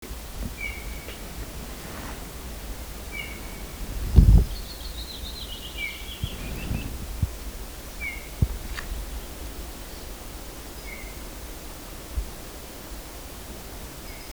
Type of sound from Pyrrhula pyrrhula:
call